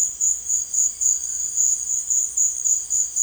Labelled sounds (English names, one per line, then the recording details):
none
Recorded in secondary vegetation near Puerto Asís, Putumayo, Colombia, on 23 June 2025 at 16:30
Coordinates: 0.499, -76.323
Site G077